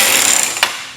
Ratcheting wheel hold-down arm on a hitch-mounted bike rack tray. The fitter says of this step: you can hear it click which is how it secures your front and